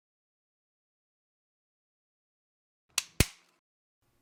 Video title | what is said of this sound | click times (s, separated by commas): Part 4: AMBIENT LED VENTS - How to install on 2015+ Mercedes W205 C-Class | So if I line it up, it should actually snap right into place. | 3.0 s, 3.2 s